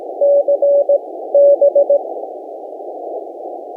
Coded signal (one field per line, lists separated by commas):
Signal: Morse code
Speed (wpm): 18 wpm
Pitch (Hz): 570 Hz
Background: none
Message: CB